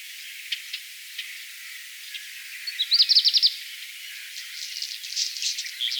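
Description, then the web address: Black redstart song opening with a few scattered clicks, then a quick burst of high repeated notes and a long crackling, scratchy passage. "vogelstimmen hausrotschwanz gesang nabu lars lachmann"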